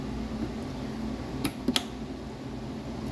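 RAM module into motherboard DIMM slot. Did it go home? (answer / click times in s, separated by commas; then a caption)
yes / 1.5 s, 1.8 s. A RAM module is pressed down into a motherboard DIMM slot against a steady background hum. Sharp clicks are heard at 1.5 s and 1.8 s, with a softer knock at 1.7 s in between, as the retention latch snaps shut. The module is seated.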